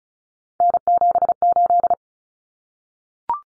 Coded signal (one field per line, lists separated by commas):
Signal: Morse code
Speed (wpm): 34 wpm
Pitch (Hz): 700 Hz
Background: none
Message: N78